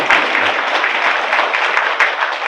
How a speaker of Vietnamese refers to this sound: Các gì giỏi thiệt đó chứ. Cho dùm tôi tràng pháo tay đi.